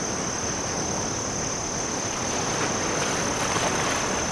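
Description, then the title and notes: Steady shrill cricket chirping runs throughout against a constant roar of breaking waves. Crickets chirping in dunes near the oceanside, with waves crashing onshore. "Oceanside Ambience. Ocean Waves, Crickets, Seagull Sounds. crickets chirp in nearby dunes"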